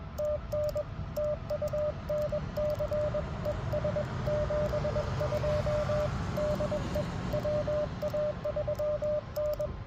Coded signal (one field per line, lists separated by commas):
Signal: Morse code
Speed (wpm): 22 wpm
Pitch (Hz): 590 Hz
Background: radio noise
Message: TN TU NC ES 72 DE WA3N